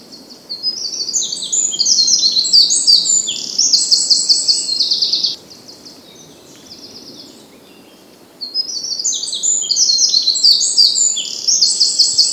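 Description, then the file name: Eurasian wren song: two loud, rapid bursts of high, tumbling trills and warbles, one lasting about five seconds, a short pause, then another vigorous outpouring. "Troglodytes troglodytes"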